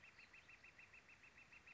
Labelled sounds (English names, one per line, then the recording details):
Northern Flicker
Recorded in Sonoma County, California